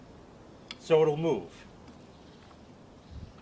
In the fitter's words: handle locks. You have to pull this out so it'll move.